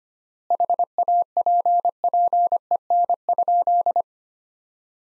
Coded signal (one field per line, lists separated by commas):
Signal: Morse code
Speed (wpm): 25 wpm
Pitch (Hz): 700 Hz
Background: none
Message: HAPPEN?